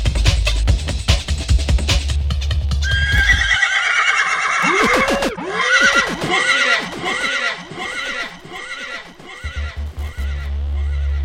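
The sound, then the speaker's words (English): A horse neighing sound effect, the 'Sound Horse' a DJ plays to decide whether to rewind a tune: a string of rising and falling wavering whinnies, loud and shrill, with clip-clop hooves and a low rumbling bed at the start and end. “Sound Horse is now, he's the man, he's the horse that tells me whether I should rewind the tune.”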